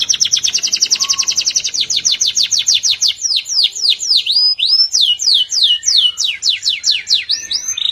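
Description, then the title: Canary song: a fast, loud run of high repeated trill notes, then slower sweeping phrases of down-slurred whistles, continuous for the whole stretch. "Kenari"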